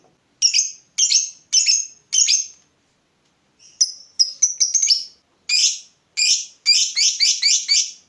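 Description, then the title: Lovebird calls, a series of sharp, high shrieking notes spaced about half a second apart, a brief pause, then quicker rasping chirps running together. Lovebird whose style makes it look very clever at baiting (memancing), prompting other birds to sing. "Dari Gayanya Lovebird Ini Terlihat Pintar Sekali Memancing"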